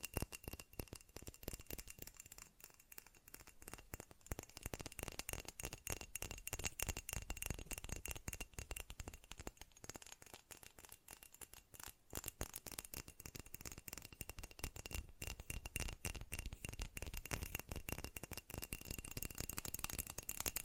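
Fast tapping in a dense, continuous rattling stream of sharp clicks, slightly thinner around three seconds, with a faint steady high tone throughout.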